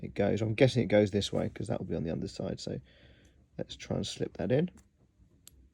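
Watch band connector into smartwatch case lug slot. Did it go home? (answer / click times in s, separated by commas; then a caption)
yes / 5.5 s. Someone talks while sliding the connector of a White Ocean Band into the lug slot of an Apple Watch Ultra case. After the speech stops, a single short, sharp click sounds at 5.5 s as the band seats in the slot.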